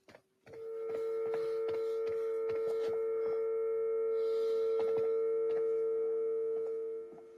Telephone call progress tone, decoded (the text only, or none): dial tone